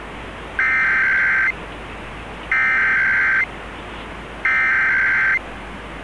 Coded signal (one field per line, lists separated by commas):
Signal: Emergency Alert System (SAME) tones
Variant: header bursts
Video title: Illinois Required Monthly Tests (12/7/21)(EAS 1005-1008)